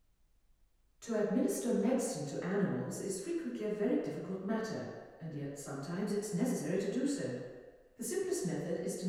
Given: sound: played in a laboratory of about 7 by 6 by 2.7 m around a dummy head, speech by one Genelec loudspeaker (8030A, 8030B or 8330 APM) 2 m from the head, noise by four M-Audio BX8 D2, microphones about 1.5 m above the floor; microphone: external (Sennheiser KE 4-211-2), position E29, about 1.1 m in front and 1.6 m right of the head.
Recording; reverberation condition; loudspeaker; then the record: female speech in English; high; 150 degrees to the left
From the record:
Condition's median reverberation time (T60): about 1300 ms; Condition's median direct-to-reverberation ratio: about -4.0 dB